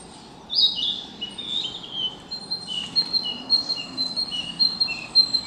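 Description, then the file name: Narcissus flycatcher song, a high sharp note followed by a series of clear whistled phrases at varied pitches, over a low background hiss. 9 May 2021. "20210509 キビタキ"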